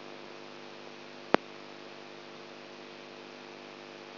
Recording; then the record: brain microelectrode recording played as sound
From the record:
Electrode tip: outside the subthalamic nucleus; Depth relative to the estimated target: -8 mm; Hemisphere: right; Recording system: AlphaMap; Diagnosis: Parkinson's disease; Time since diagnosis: 20 years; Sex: female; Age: 64 years